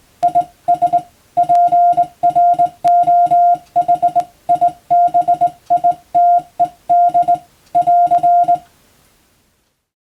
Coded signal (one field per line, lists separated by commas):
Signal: Morse code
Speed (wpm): 20 wpm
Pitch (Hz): 700 Hz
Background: music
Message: IS PROHIBITED <AR>